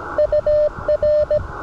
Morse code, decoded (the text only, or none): UR